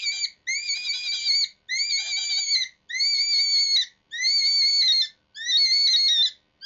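Cottontail rabbit crying in distress, shrill quavering screams roughly a second long repeated steadily with short breaks, several in a row.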